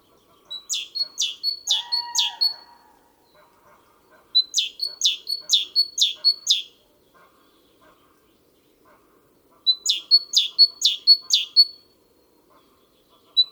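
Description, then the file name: Great tit singing three separate strophes, each of about five quick two-note pairs, a pure high tone and a dropping note, with silent pauses between. "Parus major"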